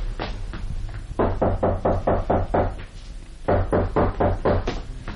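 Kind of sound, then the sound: household object, knocking on a door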